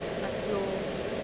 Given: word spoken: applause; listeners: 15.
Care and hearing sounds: one English word in noise, from a listening test; speech-shaped noise; -4.6 dB; 1 of 15; 7 of 15; 0.83 s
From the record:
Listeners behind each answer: 7, 1, 1, 1, 1, 1, 1, 1, 1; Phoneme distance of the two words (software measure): 10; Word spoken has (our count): 2 syllables, 5 phonemes, stress on syllable 2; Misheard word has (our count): 2 syllables, 5 phonemes, stress on syllable 2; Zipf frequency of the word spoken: 4.21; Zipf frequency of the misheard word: 3.44

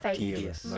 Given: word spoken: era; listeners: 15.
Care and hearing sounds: one English word in noise, from a listening test; four-talker babble; 0.7 dB; 0 of 15; 9 of 15; 0.38 s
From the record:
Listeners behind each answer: 9, 3, 1, 1, 1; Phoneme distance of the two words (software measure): 38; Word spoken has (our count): 2 syllables, 3 phonemes, stress on syllable 1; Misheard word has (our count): 2 syllables, 5 phonemes, stress on syllable 1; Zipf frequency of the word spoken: 4.40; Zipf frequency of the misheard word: 3.22

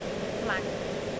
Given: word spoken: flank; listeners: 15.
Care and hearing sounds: one English word in noise, from a listening test; speech-shaped noise; -4.9 dB; 0 of 15; 7 of 15; 0.80 s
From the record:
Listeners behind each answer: 7, 2, 2, 2, 1, 1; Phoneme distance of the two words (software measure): 10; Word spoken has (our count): 1 syllable, 5 phonemes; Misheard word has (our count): 1 syllable, 5 phonemes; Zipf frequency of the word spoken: 3.17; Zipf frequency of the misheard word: 4.12

